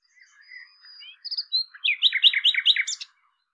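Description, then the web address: Common nightingale song: thin drawn-out whistles at the start, then a run of loud, rhythmic repeated notes. "cianscape birddata Deverinetal 2025"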